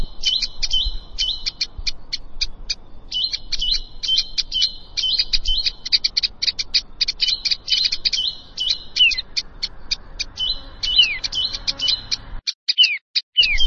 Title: Ciblek Sawah